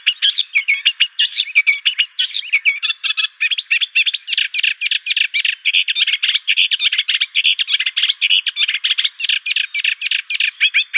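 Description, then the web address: Eurasian reed warbler singing a dense, unbroken stream of churring, grating notes mixed with brief whistled slurs. "Schulze Peter Reed Warbler song"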